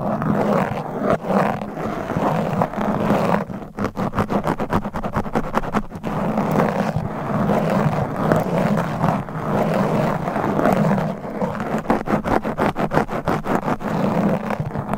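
Fingers scratch across a microphone in dense, rapid strokes that continue for the whole stretch, with brief dips around the fourth and sixth seconds. A steady low rumble runs underneath, and the scratching grows quicker and sharper toward the end.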